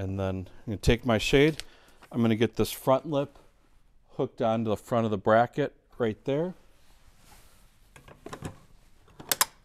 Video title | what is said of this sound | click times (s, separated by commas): Unboxing EHC Cellular Shade And Installation In Window | you'll hear a clicking | 9.3 s, 9.4 s